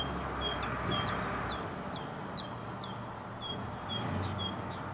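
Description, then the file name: Great tit singing: a high two-note phrase repeated about twice a second, growing fainter after the first two seconds, over low rumbling background noise. "Parus major"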